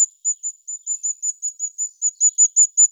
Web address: Regulus ignicapillus